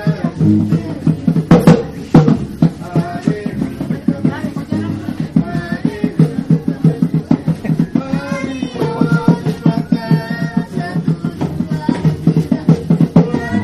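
Arborek village, where voices overlap in busy, rapid chatter. A steady run of quick, regular low pulses carries through the whole stretch. Brighter sung or called tones rise between about eight and eleven seconds.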